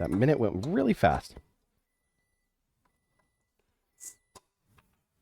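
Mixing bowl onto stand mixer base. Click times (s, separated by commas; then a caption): 4.4 s. Someone talks briefly, then after a pause the metal bowl of a KitchenAid stand mixer is twisted onto its base, with a short rushing sound near 4.0 s. A sharp click at 4.4 s marks the bowl locking into place, followed by a faint tick at 4.8 s, leaving the bowl seated.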